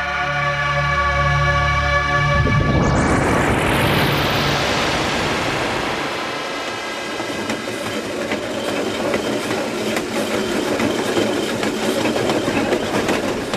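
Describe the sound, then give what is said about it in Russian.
A passenger train rolls along the rails, heard from a compartment as it nears the Massachusetts border: a steady tonal hum swells into a loud, continuous rushing rumble with rhythmic rattling and clatter that holds to the end, with no voices. “«Самый лучший способ проводить рождественские каникулы», — думал Гордон Гант, сидя в купе поезда, который как раз подходил к границе Массачусетс.”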